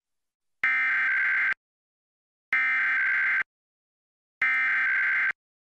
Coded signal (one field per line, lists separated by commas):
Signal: Emergency Alert System (SAME) tones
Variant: header bursts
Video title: Various Emergency Alert System (EAS) Tests - Month of 12/2021